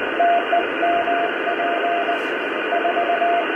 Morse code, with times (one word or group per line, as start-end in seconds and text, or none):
0.2-2.1 TEMP
2.7-3.4 4